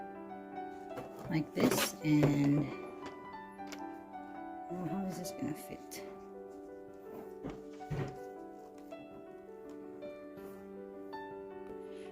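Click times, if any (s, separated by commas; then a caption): none. Someone handles and lines up the arm pieces of a budget office desk lamp (around $20), fitting an arm section toward the lamp joint before snapping them together. Someone talks over steady background music with soft handling knocks and thunks. Nothing has seated or clicked yet.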